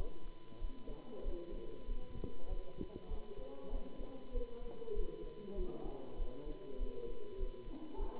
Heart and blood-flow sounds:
heart sounds by stethoscope; between the tricuspid and mitral areas; 98 bpm
0.57 s: heartbeat
1.21 s: heartbeat
1.84 s: heartbeat
2.46 s: heartbeat
3.06 s: heartbeat
3.68 s: heartbeat
4.30 s: heartbeat
4.92 s: heartbeat
5.53 s: heartbeat
6.15 s: heartbeat
6.76 s: heartbeat
7.36 s: heartbeat
7.95 s: heartbeat
From the record:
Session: Bruce protocol treadmill stress test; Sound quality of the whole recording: good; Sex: male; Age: 26 years

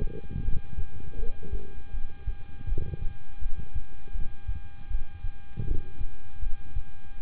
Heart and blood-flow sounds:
heart sounds by stethoscope; between the tricuspid and mitral areas; 80 bpm
0.42 s: heartbeat
1.16 s: heartbeat
1.91 s: heartbeat
2.66 s: heartbeat
3.39 s: heartbeat
4.12 s: heartbeat
4.88 s: heartbeat
5.64 s: heartbeat
6.40 s: heartbeat
7.18 s: heartbeat
From the record:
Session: rest, lying down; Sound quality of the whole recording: good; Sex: male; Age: 26 years

